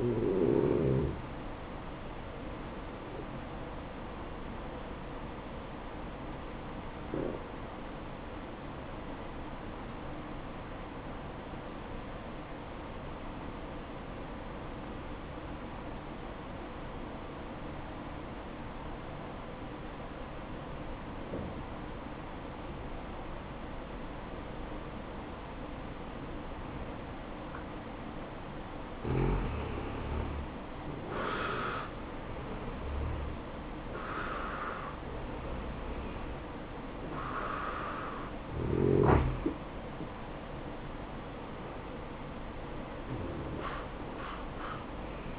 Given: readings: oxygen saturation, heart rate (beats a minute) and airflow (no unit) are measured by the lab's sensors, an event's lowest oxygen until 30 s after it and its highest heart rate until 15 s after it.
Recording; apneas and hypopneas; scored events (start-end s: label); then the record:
breathing in sleep by a voice recorder at the bedside; 1
6.00-30.60 s: obstructive apnea (N1, oxygen 96% highest, then 87% lowest, heart rate 58 at the start, 67 highest)
From the record:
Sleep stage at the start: N1 (lightest sleep); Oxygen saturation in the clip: 88 to 96%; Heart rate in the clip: 57 to 67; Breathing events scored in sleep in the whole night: 573 in 9.8 hours asleep